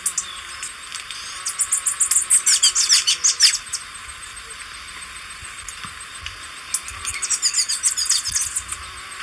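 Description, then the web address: Rufous-chested tanager giving rapid, high chattering call series in two bursts separated by a pause of about three seconds, over a steady background hiss. Recorded in Ecuador. "Birds of Ecuador. Rufous-Chested Tanager"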